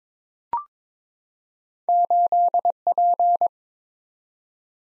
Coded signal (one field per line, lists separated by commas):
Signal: Morse code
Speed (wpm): 22 wpm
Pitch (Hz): 700 Hz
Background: none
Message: 8P